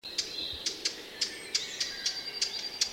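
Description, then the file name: Eurasian blackcap giving hard, clicking tack calls, about nine sharp notes in three seconds at an uneven rhythm, with a faint high thin tone running underneath. "Sylvia atricapilla"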